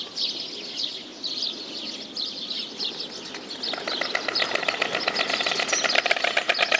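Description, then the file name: Stork bill clattering: high chirping from small birds, then midway a rapid run of dry, even knocking pulses. Recorded 29 April 2012 at 15:35. "20120429 Stork"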